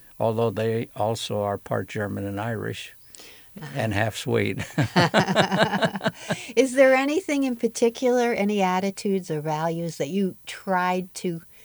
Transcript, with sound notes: Although they also are part German and Irish.
Ah ha.
And half Swede (both laugh)
Is there anything in particular - any attitudes or values that you tried to